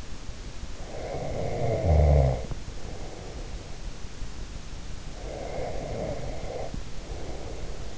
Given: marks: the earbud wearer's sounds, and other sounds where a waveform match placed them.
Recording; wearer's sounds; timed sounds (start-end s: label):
sounds in sleep by an in-ear microphone; snoring breath
0.67-3.71 s: snoring breath
5.20-7.98 s: snoring breath